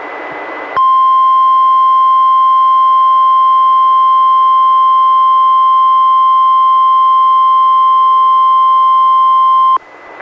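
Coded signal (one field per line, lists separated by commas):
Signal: Emergency Alert System (SAME) tones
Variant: 1050 Hz attention tone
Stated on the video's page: NWR Required Weekly Test from NWS Portland relayed by NWR station in Astoria, recorded from a Reecom R-1630 weather radio through a Zoom H1 recorder.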